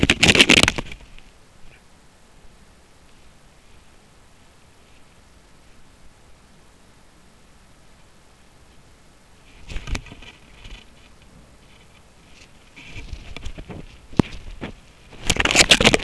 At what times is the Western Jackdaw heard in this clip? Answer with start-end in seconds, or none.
1.70-1.82